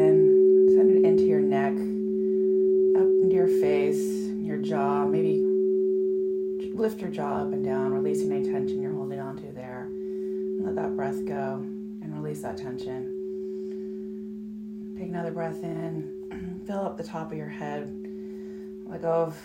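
Crystal singing bowls hold two steady, pure tones, one low and one higher, ringing unbroken through the whole stretch. Over them a voice speaks in short phrases with pauses, quiet near the start and more continuous after about seven seconds.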